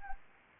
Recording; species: mosquito wingbeat signal from an infrared sensor; Anopheles arabiensis